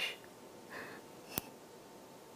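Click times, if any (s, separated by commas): 1.4 s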